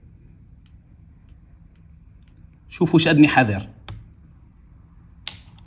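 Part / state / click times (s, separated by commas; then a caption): keycap in laptop keyboard scissor mechanism / released / 5.3 s. A MacBook keycap is pried up gently from its plastic scissor mechanism in the laptop keyboard while someone talks, followed by a faint tick near 3.9 s. At 5.3 s a sharp click sounds as the keycap's retaining clips pop free and the keycap is released.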